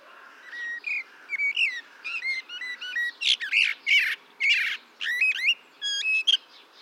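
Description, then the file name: Eurasian blackbird uttering a steady series of short whistled and chattering notes, louder midway. "Turdus merula"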